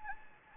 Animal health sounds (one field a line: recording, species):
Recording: mosquito wingbeat signal from an infrared sensor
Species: Anopheles gambiae